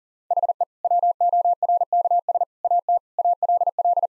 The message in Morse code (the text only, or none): HE WORKS AT ALL